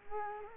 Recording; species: mosquito wingbeat signal from an infrared sensor; Culex quinquefasciatus